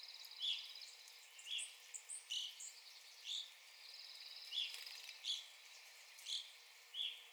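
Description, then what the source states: Evening grosbeak calls: short, clear chirps repeated roughly every second, with intermittent high, buzzy sounds behind. Recorded 9 April 2021.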